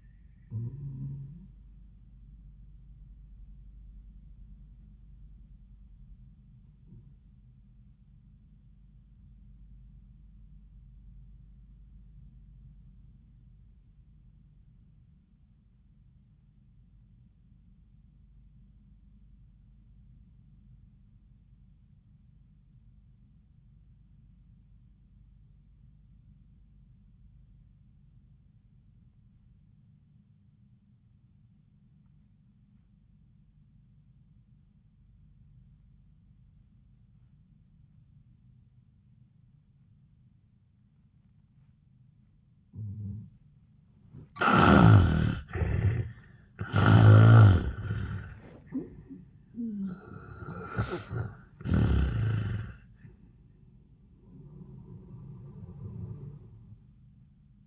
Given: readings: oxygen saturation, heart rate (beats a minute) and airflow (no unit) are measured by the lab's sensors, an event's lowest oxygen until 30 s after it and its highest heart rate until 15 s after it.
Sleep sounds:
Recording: breathing in sleep by a smartphone at the bedside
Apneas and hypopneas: 1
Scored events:
6.00-42.90 s: obstructive apnea (N1, oxygen 98% highest, then 67% lowest, heart rate 85 at the start, 96 highest)
12.00-42.00 s: new sleep stage, REM sleep
42.00-57.67 s: new sleep stage, N1 (lightest sleep)
From the record:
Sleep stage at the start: N1 (lightest sleep)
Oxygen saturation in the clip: 70 to 98%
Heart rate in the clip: 65 to 96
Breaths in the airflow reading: 5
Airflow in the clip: -15.5 to 11.3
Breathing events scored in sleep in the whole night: 400 in 8.7 hours asleep

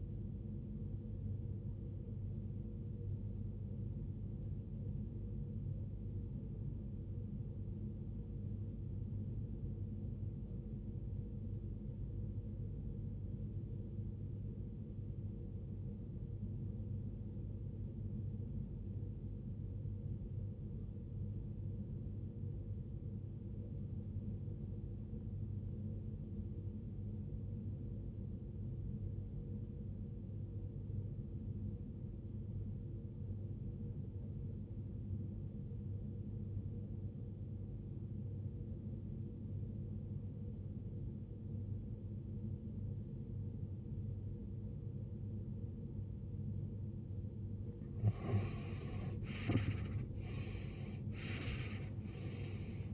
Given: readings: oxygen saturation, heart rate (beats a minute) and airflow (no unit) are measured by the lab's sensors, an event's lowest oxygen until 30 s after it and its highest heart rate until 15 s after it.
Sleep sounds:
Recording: breathing in sleep by a smartphone at the bedside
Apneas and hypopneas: 1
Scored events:
6.00-48.40 s: obstructive apnea (REM, oxygen 92% highest, then 74% lowest, heart rate 49 at the start, 86 highest)
From the record:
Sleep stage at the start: REM sleep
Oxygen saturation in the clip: 76 to 92%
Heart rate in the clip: 45 to 65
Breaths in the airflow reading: 2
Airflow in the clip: -19.0 to 19.9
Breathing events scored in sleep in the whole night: 389 in 6.3 hours asleep

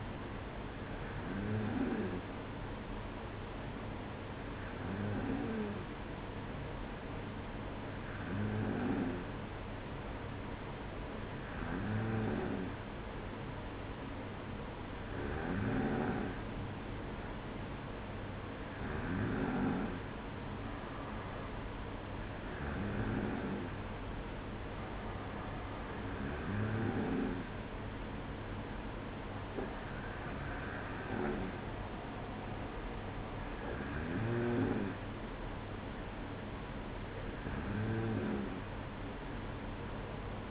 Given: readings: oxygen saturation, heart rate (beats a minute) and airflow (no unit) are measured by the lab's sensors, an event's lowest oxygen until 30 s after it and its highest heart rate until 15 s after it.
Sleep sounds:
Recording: breathing in sleep by a voice recorder at the bedside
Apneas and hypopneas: none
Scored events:
none scored
From the record:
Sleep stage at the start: N2 (light sleep)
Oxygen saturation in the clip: 94%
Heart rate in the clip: 55 to 56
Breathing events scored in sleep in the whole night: 305 in 9.6 hours asleep

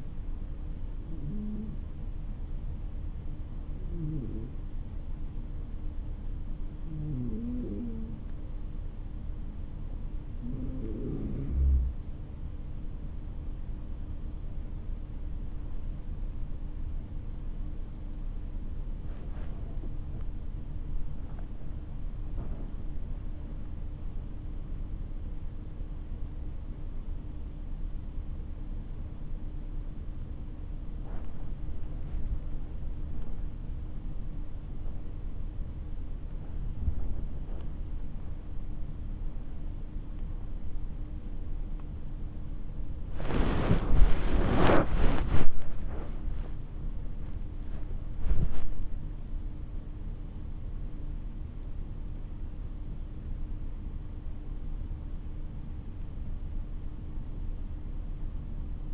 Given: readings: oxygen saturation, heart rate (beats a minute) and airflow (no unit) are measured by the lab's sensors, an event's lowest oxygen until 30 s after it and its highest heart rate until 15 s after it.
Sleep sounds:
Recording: a person awake in a sleep study, by a smartphone at the bedside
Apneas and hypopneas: 1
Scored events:
7.00-21.30 s: hypopnea (N1, oxygen 94% highest, then 92% lowest)
15.00-45.00 s: new sleep stage, awake
18.00-47.00 s: awake
45.00-58.94 s: new sleep stage, N1 (lightest sleep)
From the record:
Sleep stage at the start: N1 (lightest sleep)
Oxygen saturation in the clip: 92 to 97%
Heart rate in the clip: 55 to 75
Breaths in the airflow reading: 14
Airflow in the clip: -9.0 to 9.0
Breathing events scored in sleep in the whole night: 304 in 5.6 hours asleep

